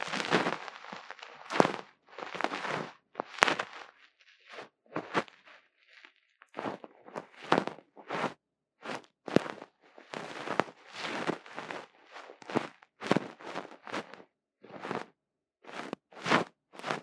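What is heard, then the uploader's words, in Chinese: Fluffy pompom brushing, heard as a run of short, bright crackling rubs, each lasting under a second. The strokes come roughly every half second with brief silent gaps, some soft and low, others sharp and scratchy, continuing steadily throughout with no talking. 貫穿腦門的絨毛毛球觸發 | Lo-fi | Brain Penetrating Ear Cleaning | NO Talking。因為是收音比較沒那麼敏感的小麥克風。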